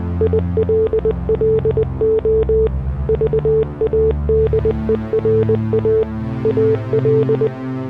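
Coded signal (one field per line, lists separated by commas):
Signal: Morse code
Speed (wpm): 20 wpm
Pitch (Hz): 440 Hz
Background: music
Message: ILLO VADERA AL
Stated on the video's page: Text and music in Morse code.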